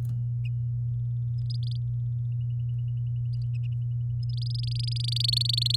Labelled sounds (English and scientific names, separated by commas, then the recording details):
Domestic Canary (Serinus canaria) song
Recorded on 8 May 2018 at 07:09
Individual llb16